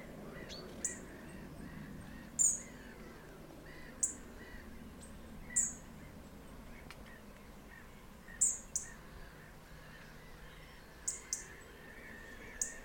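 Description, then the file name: European robin ticking repeatedly, short sharp high notes at irregular intervals, over a low background hum. "Erithacus rubecula"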